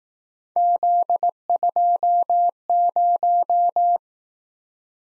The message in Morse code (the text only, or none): Z20